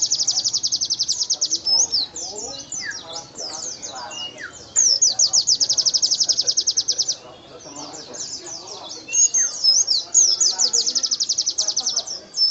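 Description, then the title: White-eye pouring out high, rapid trills alternating with jumbled chirping phrases, several long runs of fast evenly repeated notes. Training recording (masteran) for teaching song to captive songbirds; bird described as singing energetically (gacor), with a fill-in song style. "Master Burung Pleci Isian Nobita Raja Nembak Gacor Joss"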